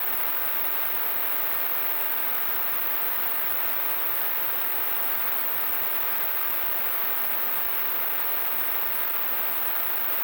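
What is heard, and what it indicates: A steady, unbroken hiss that stays at the same level for about ten seconds, strongest in the middle to upper range, with no rhythm, pulsing or low rumble. It is a simulated noise-type tinnitus sound, imitating the constant hissing some people hear in their ears.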